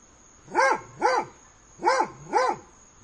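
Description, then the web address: Dog barking in two pairs of barks, with a steady thin high tone running throughout. Dog barking on a summer day. "aboiement de chien un jour dete"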